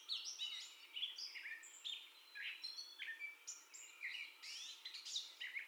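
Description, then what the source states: Gray catbird song: a steady jumble of squeaky, slurred and mewing notes, varied short phrases with little pause, no other clear sounds. First song heard, recorded 30 May 2021.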